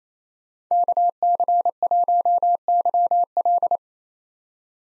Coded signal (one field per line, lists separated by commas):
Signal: Morse code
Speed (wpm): 28 wpm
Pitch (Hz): 700 Hz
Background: none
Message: KC1YL